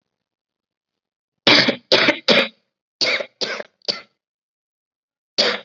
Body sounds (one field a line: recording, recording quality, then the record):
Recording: heavy voluntary cough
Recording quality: excellent, no background noise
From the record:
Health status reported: COVID-19 positive, mild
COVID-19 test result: positive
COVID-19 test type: rapid antigen test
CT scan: not taken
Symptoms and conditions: cold, fever, diabetes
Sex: female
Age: 39 years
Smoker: no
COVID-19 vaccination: both doses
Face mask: worn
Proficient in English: yes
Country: India